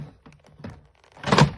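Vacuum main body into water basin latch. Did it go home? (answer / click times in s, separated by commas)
yes / 1.3 s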